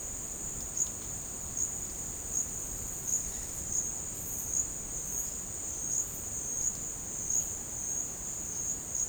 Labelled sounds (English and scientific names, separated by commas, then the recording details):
none
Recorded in dense forest near Puerto Asís, Putumayo, Colombia, on 22 June 2025 at 13:00
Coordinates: 0.486, -76.317
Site G065